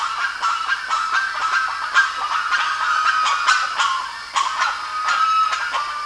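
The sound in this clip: Bird calls, loud harsh chatter from several birds with short clipped notes and occasional thin whistles mixed in.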